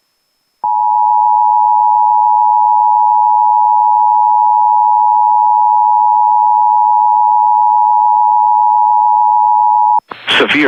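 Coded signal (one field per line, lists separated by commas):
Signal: Emergency Alert System (SAME) tones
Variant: 853 and 960 Hz attention tone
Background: speech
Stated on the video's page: Severe Thunderstorm Warning from NWS Hastings NE.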